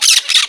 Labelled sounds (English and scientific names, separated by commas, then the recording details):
Brown-throated Parakeet (Eupsittula pertinax) contact call
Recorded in Margarita
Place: San Francisco, near stadium
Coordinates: 11.018, -64.294